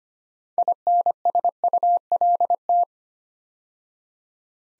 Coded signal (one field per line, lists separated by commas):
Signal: Morse code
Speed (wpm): 25 wpm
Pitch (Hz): 700 Hz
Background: none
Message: INSULT